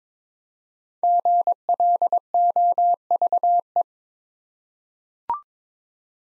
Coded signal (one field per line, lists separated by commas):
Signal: Morse code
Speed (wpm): 22 wpm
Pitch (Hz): 700 Hz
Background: none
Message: GLOVE